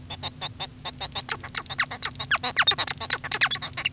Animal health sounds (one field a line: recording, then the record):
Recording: song of a male Bengalese finch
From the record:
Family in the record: son of father 1